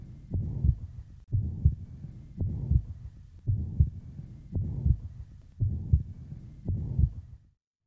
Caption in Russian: В четвертой точке аускультации появление систолического шума свидетельствует о наличии недостаточности трикуспидального клапана. Как правило, она носит функциональный характер и развивается вследствие дилатации правого желудочка и растяжения кольца трикуспидального клапана. Первый тон, как правило, ослаблен. Систолический шум трикуспидальной недостаточности.